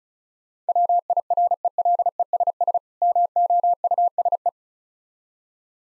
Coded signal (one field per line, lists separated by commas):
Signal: Morse code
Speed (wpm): 36 wpm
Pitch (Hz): 700 Hz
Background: none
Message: WIRELESS MOUSE